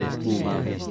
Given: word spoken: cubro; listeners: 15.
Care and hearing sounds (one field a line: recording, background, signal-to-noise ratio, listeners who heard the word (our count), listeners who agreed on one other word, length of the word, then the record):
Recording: one Spanish word in noise, from a listening test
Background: eight-talker babble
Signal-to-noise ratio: -3.0 dB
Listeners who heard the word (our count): 0 of 15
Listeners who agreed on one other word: 15 of 15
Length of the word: 0.51 s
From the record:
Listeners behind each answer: 15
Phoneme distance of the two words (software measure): 51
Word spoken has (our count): 2 syllables, 5 phonemes, stress on syllable 1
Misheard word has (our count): 3 syllables, 6 phonemes, stress on syllable 2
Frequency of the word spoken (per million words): 0.22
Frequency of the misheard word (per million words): 8.86